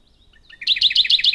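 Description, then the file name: Radde's warbler starts with a few faint, thin notes, then breaks into a loud, regular series of repeated notes. "warbler-radde -Phylloscopus-schwarzi"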